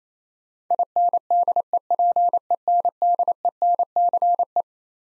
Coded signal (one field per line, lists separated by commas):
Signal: Morse code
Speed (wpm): 28 wpm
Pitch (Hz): 700 Hz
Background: none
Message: INDEPENDENCE